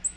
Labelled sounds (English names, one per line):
Black-throated Green Warbler flight call